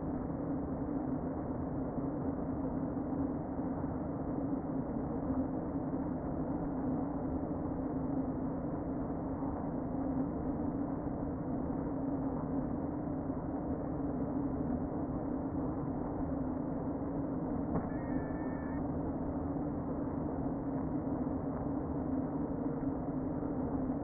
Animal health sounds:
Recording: honeybee colony, microphone inside the hive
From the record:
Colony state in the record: queen present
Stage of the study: before two queens were removed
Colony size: about 60,000 bees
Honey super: yes

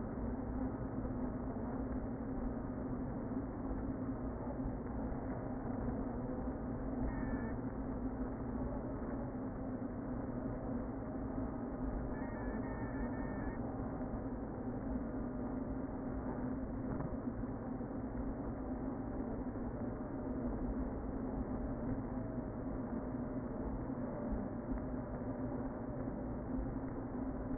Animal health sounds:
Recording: honeybee colony, microphone inside the hive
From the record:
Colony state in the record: queen present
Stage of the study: before two queens were removed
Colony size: about 60,000 bees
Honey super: yes

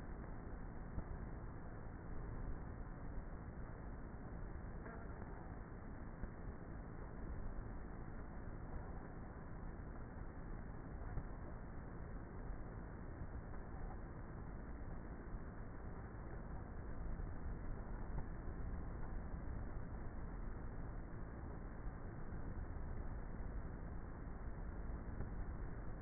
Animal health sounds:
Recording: honeybee colony, microphone inside the hive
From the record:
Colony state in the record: queenless with a low population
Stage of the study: before two queens were removed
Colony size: about 30,000 bees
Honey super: no

